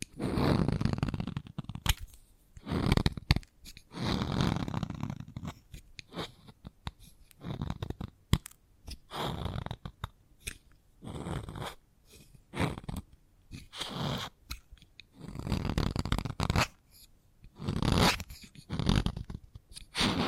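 Chalk scratches and taps in short, uneven bursts, each lasting a second or so with brief gaps between. The strokes are gritty and crunchy, with sharp ticks and clicks scattered throughout, some louder taps standing out near 8 and 17 seconds.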